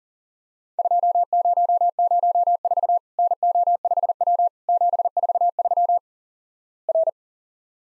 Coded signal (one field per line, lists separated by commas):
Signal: Morse code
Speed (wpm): 43 wpm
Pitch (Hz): 700 Hz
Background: none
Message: 2004 NO5W 743 R